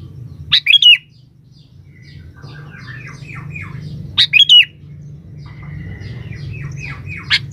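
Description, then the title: Sooty-headed bulbul singing short, loud, gurgling phrases at intervals of about three and a half seconds, with quieter twittering notes in between over a steady low hum. "Kutilang"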